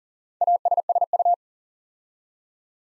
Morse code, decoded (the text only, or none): ASSU